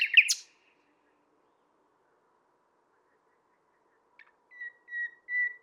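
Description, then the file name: Common nightingale giving a brief burst of rough notes, then after a pause three soft, level whistles that swell in volume. "Luscinia megarhynchos"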